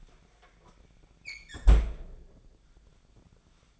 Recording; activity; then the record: daily activity, microphone in the room; close fridge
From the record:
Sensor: 5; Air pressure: 1009.8 hPa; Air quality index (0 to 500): 161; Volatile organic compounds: 4 ppm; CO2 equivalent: 1568 ppm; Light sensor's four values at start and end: 127/323/136/144 and 125/320/134/142